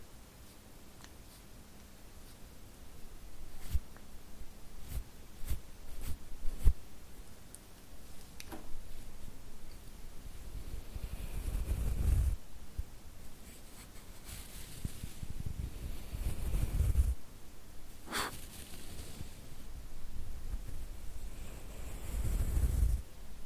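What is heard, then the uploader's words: Lens tapping, camera scratching and brushing over a quiet low hiss. Sharp taps land mostly in the first eight seconds, then give way to softer scratching and brushing strokes, with low thumpy swells around 12, 17 and 23 seconds and a bright scrape near 18. ASMR Tingly Lens Tapping, Camera Scratching & Brushing Personal Attention.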